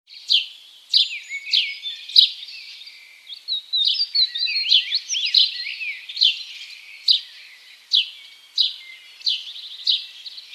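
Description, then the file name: House sparrow calls: a series of bright chirps repeated roughly every half second or more, with a busier stretch of overlapping twittering notes in the middle. "Passer domesticus"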